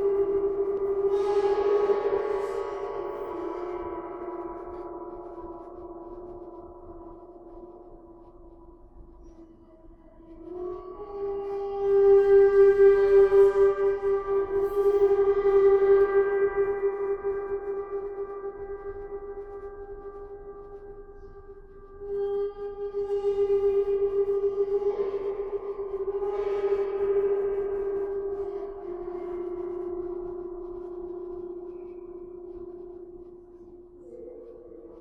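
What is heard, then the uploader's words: A gong is struck three times, near the start, around eleven seconds and again near twenty-five seconds, each stroke blooming into a shimmering, bright wash before slowly fading. A steady low-middle hum sustains underneath throughout, with a faint new tone entering at the very end. Sound Therapy - Gong.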